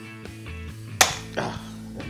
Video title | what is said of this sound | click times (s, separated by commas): Porsche 914 How to Tear Down Seats for Reupholstery (Part 1) [Project Bumblebee Ep 05] | that's the snap. | 1.0 s